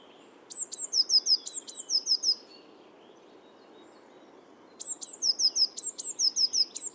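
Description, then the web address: Bird calling in two bursts of high, thin, falling notes, several notes in each, separated by a pause. "cianscape birddata Deverinetal 2025 Bird Only"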